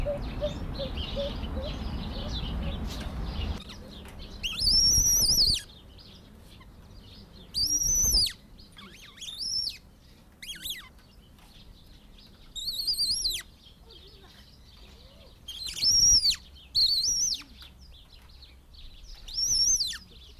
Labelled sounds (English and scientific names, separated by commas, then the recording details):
Siamese Fireback (Lophura diardi) call
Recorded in captivity
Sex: male
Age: adult
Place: Zoo Halle, Sachsen-Anhalt, DE
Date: 1991-04-06 10:04
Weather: sunny, 4-13 °C
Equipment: Marantz, Sennheiser ME 80, Kopie Tesla B 116
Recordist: Tembrock, Günter